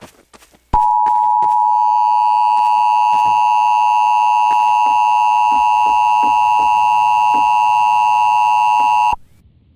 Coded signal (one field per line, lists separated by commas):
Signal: Emergency Alert System (SAME) tones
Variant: 853 and 960 Hz attention tone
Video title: the wedge. (clayranger143 eas scenario recreation)